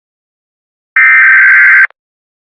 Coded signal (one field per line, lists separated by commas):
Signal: Emergency Alert System (SAME) tones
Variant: header bursts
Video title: EAS Scenario: The World's Gone Beautiful